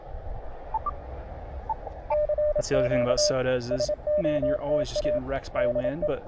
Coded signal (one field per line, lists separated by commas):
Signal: Morse code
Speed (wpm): 28 wpm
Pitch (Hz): 600 Hz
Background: speech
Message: CQ SOTA DE